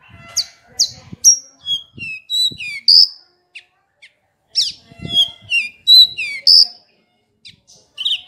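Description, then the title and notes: Horsfield's bush lark song: lively mix of high chirps, slurred whistles and rapid trills in bursts separated by short pauses, with some low clicking sounds. "Kicau Burung Branjangan"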